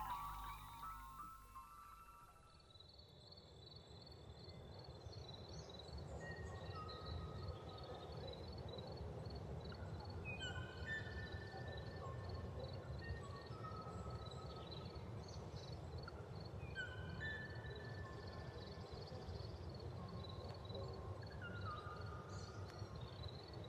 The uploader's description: Blackcap – (Sylvia atricapilla) Hertfordshire